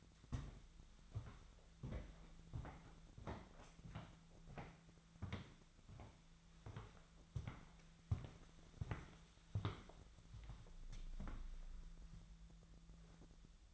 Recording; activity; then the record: daily activity, microphone in the room; walk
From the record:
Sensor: 3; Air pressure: 1008.2 hPa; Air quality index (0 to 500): 191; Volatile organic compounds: 14 ppm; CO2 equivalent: 2453 ppm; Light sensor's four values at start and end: 16/39/17/17 and 16/40/17/17